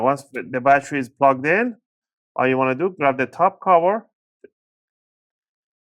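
Someone talks while the bottom cover of an HP OMEN 16 laptop, with the battery plugged in, is picked up to be set down onto the palm rest before its corners are pushed down to snap the clips home. A brief faint tick is heard at about 4.5 s, but no clip has seated or clicked yet.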